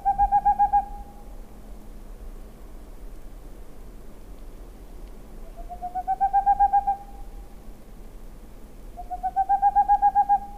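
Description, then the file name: Boreal owl giving quick bursts of soft, evenly spaced hoots, each run lasting about a second and rising slightly in pitch, with a faint constant hum behind. "Chouette de Tengmalm"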